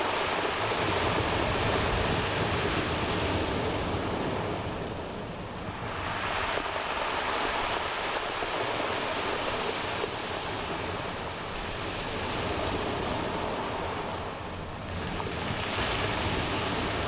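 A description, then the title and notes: Sea surf rolls in a continuous, dense wash of water noise, full from low rumble up to bright hiss. The sound swells and eases in slow waves, dipping a little around six and fifteen seconds before building again, steady throughout. Black sea.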